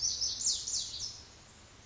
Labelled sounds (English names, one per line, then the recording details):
Pacific Wren
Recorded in Sonoma County, California